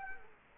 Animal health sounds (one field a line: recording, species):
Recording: mosquito wingbeat signal from an infrared sensor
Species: Culex quinquefasciatus